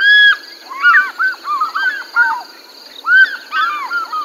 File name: african fish eagle